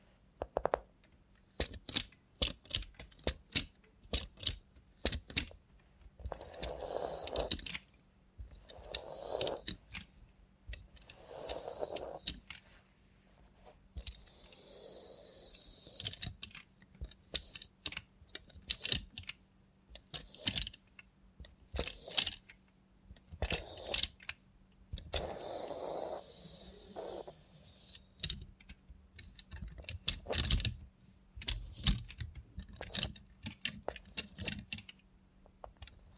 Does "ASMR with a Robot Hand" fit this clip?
yes